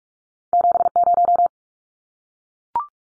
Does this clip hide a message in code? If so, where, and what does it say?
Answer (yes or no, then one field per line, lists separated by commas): yes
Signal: Morse code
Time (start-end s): 0.5-1.5 s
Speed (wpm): 44 wpm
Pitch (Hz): 700 Hz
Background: none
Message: 70